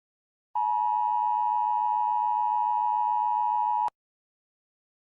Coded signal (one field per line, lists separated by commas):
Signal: Emergency Alert System (SAME) tones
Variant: 853 and 960 Hz attention tone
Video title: Global Heating (Worldwide Edition) - An EAS Scenario